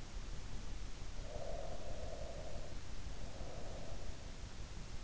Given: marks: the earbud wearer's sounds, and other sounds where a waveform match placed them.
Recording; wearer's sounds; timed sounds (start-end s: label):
sounds in sleep by an in-ear microphone; breath
0.97-3.99 s: breath